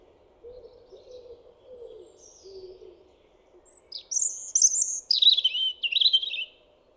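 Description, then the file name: European robin song: a loud high phrase of sliding whistles and quick trilled flourishes lasting a few seconds. "Erithacus rubecula"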